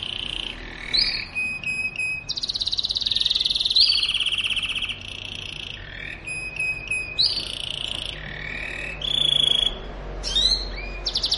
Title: Canto Para Esquentar Canário Belga. suara kenari kawin